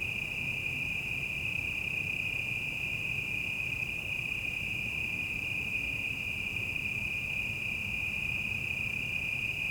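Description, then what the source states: Cicada: continuous shrill insect drone from cicadas, even and unwavering for the whole stretch, with faint traffic rumbling low underneath. Quieter city evening ambience at night with distant traffic; 5.1 surround and stereo.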